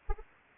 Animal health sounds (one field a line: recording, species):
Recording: mosquito wingbeat signal from an infrared sensor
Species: Anopheles arabiensis